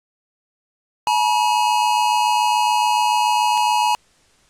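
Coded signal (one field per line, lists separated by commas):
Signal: Emergency Alert System (SAME) tones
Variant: 853 and 960 Hz attention tone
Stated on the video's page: Simulated nuclear war EAS scenario made with valid EAS tones.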